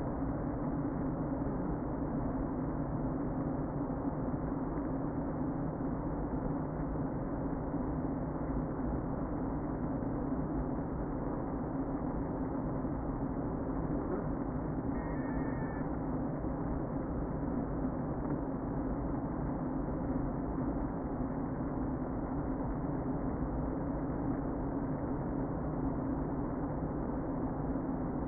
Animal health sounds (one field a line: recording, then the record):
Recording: honeybee colony, microphone inside the hive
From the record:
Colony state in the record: queen present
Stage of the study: before two queens were removed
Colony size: about 60,000 bees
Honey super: yes